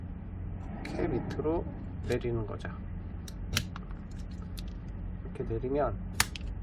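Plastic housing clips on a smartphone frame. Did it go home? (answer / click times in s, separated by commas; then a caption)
released / 6.2 s, 6.4 s. During disassembly of a Galaxy Quantum 3 smartphone, the plastic housing is pressed firmly and slid downward on its frame while someone talks. The plastic retaining clips let go with sharp snaps at 6.2 s and 6.4 s, releasing the housing.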